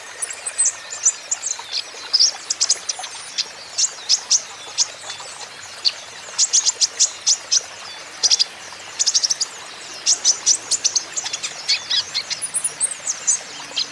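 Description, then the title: Van Hasselt's sunbird song, a long run of very high, sharp chips and trills with only short pauses, over faint background hiss. Young green-plumaged (ijoan) konin singing constantly (gacor), used as lure and therapy for untrained caged konin so they answer back. "KOLIBRI NINJA KONIN IJOAN GACOR COCOK UNTUK PANCINGAN TERAPI KONIN BAHAN PASTI NYAUT"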